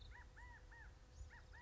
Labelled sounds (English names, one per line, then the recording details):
California Quail
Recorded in Sonoma County, California